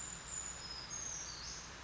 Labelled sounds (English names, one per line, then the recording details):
Brown Creeper
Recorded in Sonoma County, California